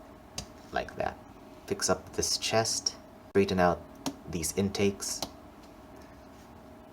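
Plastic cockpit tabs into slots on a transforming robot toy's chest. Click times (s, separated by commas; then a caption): 0.4 s. During transformation of a plastic New Age Legendary Heroes Beelzebul transforming robot toy, the folded cockpit halves are pushed in so their two tabs go into two slots on the chest. A sharp snap at 0.4 s marks the tabs seating, and someone talks throughout.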